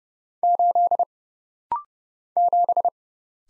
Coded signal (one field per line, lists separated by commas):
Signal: Morse code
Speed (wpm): 30 wpm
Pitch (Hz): 700 Hz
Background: none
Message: 8 7